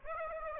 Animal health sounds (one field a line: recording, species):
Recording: mosquito wingbeat signal from an infrared sensor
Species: Aedes aegypti